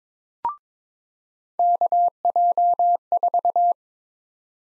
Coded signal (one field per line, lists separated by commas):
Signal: Morse code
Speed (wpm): 22 wpm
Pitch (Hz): 700 Hz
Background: none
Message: KJ4